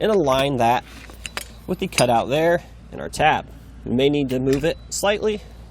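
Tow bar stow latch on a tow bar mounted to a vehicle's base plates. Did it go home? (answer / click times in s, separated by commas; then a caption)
no / none. A Roadmaster Falcon 2 tow bar mounted to Blue Ox base plates on a 2020 Jeep Wrangler is pushed forward to stow, its tab being lined up with the cutout on the stow latch. Someone talks throughout, with faint metallic clinks of the tow bar being handled. Nothing has seated or locked into place yet.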